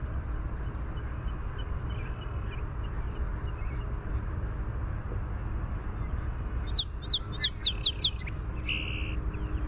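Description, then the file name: Song sparrow singing once after a quiet stretch: rapid repeated clipped notes lead into a buzzy rattle and a short lower ending, with constant low background hum. "SOSP song"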